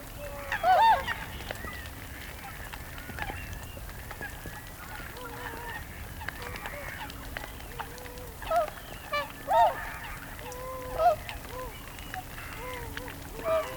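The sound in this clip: Whooper swan honks, soft background calling from a flock with several louder, clear trumpeting notes, most of them in the second half.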